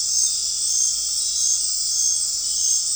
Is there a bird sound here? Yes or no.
no